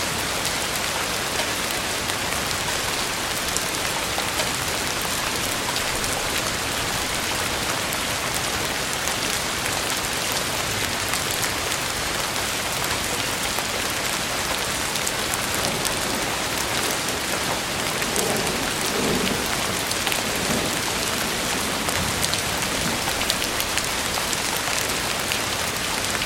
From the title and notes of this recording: RAIN & THUNDER SOUNDS FOR DEEP SLEEP. The rhythmic patter of raindrops and the low rumble of thunder.